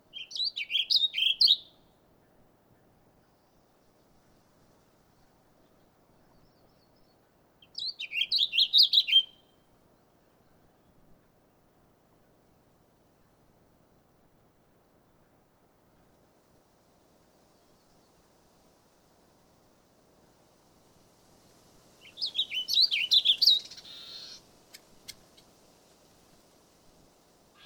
We caught a nest switch on tape; give it a listen.